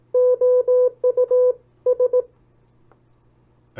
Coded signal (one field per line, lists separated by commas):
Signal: Morse code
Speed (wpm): 18 wpm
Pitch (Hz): 500 Hz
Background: none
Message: OUS